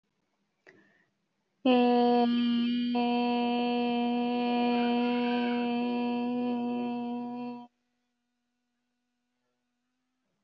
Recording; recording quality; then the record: sustained vowel as in made; excellent, no background noise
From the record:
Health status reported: healthy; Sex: female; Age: 23 years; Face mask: not worn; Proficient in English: yes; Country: India